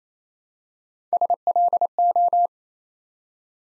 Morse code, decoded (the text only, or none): SLO